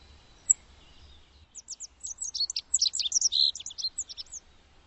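Bird song, a single high chip followed by a fast, jumbled burst of sharp, high twittering notes lasting nearly three seconds, with faint low rumble in the background.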